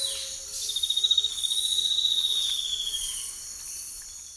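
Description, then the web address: Spot-winged antbird song, a rapid run of high whistled notes gently rising then falling, with short lower whistles repeated beneath and constant insect buzz. Song and call, recorded in the eastern lowlands of South America. "Natures Songs S America Eastern Lowlands. Schistocichla leucostigma"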